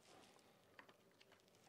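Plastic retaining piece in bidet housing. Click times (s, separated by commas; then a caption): 0.8 s. Parts are shoved up into the housing of a TOTO Neorest RH MS988CUMFG bidet toilet and out of the way until a plastic retaining piece snaps into place. A sharp snap is heard at 0.8 s over a low rustling background, followed by smaller ticks. The plastic piece is seated.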